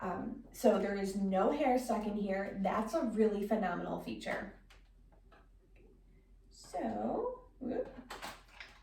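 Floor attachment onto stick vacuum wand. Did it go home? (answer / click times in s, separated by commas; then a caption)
no / none. A floor attachment is handled onto the wand of a YOKEKON cordless stick vacuum while someone talks, with a quieter stretch of faint handling noise in the middle and a brief tap near the end. The clip ends before the part goes home; nothing has seated or clicked yet.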